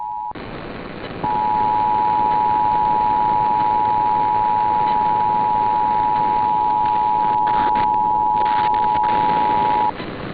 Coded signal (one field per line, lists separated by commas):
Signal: Emergency Alert System (SAME) tones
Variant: 853 and 960 Hz attention tone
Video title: 12/16/2020 | Southwest MI RMT, but there's 2. [EAS #269-270]